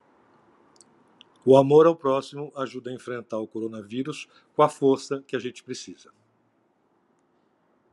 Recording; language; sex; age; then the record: spoken sentence; Brazilian Portuguese; male; 60 to 69 years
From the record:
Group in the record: control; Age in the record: 65 years